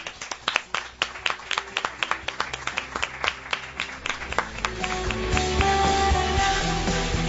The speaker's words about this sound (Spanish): Así que desde aquí nuestro aplauso y vuestro aplauso para vosotros mismos.